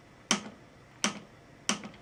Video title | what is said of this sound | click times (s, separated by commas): Trek Fuel shock replacement | right you hear that that's the click for 150 and that's the clip for 150 | 1.7 s